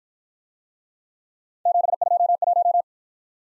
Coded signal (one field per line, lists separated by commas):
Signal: Morse code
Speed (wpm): 50 wpm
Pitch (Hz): 700 Hz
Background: none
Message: 721